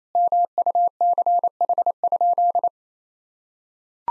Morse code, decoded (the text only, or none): MUCH?